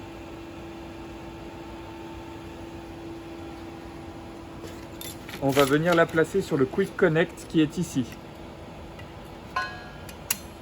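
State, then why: Seated. A small gas bottle is pushed onto the quick-connect fitting of the filling station for an Agilent 990 Mobile portable micro gas chromatograph. Someone talks over a steady low hum, then faint handling noises lead to a sharp click at 10.3 s as the bottle seats on the quick connect.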